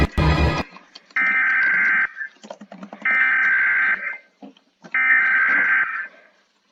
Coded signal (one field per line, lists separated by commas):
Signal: Emergency Alert System (SAME) tones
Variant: header bursts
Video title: RATING ALL EAS ALARMS (PART TWO)